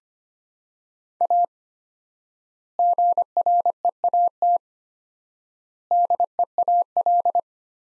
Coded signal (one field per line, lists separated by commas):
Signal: Morse code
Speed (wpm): 25 wpm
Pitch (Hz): 700 Hz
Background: none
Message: A GREAT DEAL